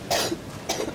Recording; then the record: coughing mixed with background sound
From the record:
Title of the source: 61 morning phlegmy cough...again